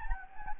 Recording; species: mosquito wingbeat signal from an infrared sensor; Anopheles gambiae